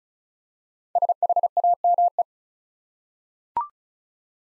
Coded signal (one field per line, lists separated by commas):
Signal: Morse code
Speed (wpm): 36 wpm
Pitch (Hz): 700 Hz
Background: none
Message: SHAME